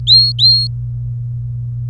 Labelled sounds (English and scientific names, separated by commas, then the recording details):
Domestic Canary (Serinus canaria) song
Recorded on 24 April 2018 at 12:51
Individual llb3